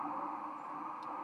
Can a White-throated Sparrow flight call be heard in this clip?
no